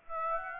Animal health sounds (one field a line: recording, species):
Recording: mosquito wingbeat signal from an infrared sensor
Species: Aedes aegypti